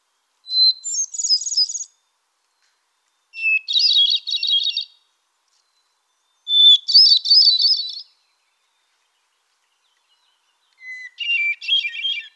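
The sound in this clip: Solitaire giving four spaced phrases. Each pure whistled note is followed by a quick, bell-like, quavering jumble, and the pitch varies from phrase to phrase.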